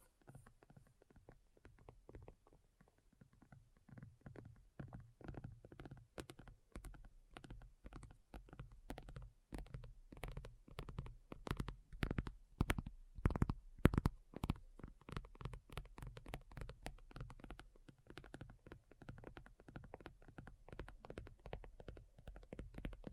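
Addictive tapping: quick, dense taps with dull, knocking tones and crisp clicky tops, coming in irregular flurries. The pace is sparse at first, thickens after about six seconds, and stays busy to the end, with a few louder strikes near thirteen seconds.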